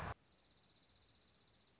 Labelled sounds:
Dark-eyed Junco (Junco hyemalis)
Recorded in Sonoma County, California

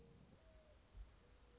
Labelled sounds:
Mourning Dove (Zenaida macroura)
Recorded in Sonoma County, California

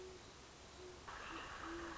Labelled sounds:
Great Horned Owl (Bubo virginianus)
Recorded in Sonoma County, California

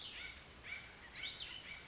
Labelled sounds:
Cassin's Vireo (Vireo cassinii)
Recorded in Sonoma County, California

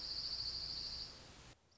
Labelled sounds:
Dark-eyed Junco (Junco hyemalis)
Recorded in Sonoma County, California

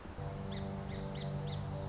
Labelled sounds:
Song Sparrow (Melospiza melodia)
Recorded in Sonoma County, California

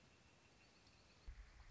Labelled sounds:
Northern Flicker (Colaptes auratus)
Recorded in Sonoma County, California

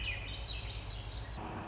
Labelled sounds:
Swainson's Thrush (Catharus ustulatus)
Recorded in Sonoma County, California

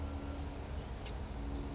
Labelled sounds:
California Towhee (Melozone crissalis)
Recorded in Sonoma County, California

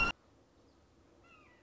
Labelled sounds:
Red-shouldered Hawk (Buteo lineatus)
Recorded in Sonoma County, California

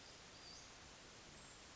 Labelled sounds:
Western Flycatcher (Empidonax difficilis)
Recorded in Sonoma County, California

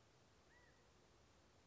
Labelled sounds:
California Quail (Callipepla californica)
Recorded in Sonoma County, California

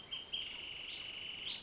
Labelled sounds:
Wrentit (Chamaea fasciata)
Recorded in Sonoma County, California

